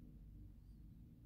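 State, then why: Not seated. A microSD card is being pressed down into its slot on the SIM/SD tray of a Galaxy S10/S10e/S10+ smartphone. Only a low, steady rumbling handling noise is heard, with no distinct click. The card has not snapped in or seated yet.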